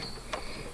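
A plastic feeding-hose end is pushed into the coil fitting of a milk warmer until it clicks. A single short, sharp click sounds at 0.3 s over a faint steady background hiss. The hose is seated and confirmed locked in place, not coming out.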